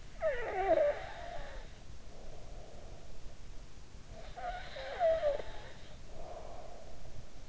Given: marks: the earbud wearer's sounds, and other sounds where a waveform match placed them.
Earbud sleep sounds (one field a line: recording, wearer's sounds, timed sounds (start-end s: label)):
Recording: sounds in sleep by an in-ear microphone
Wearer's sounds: snoring breath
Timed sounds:
0.00-3.48 s: snoring breath
3.97-7.43 s: snoring breath